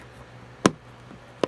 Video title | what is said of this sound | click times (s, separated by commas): O-Cedar Microfiber Easywring Spin Mop | heard it snap there we go | 0.7 s